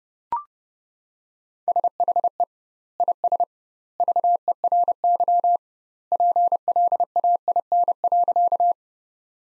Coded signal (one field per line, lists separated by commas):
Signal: Morse code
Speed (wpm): 32 wpm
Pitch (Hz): 700 Hz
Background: none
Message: SHE IS VERY PLAIN.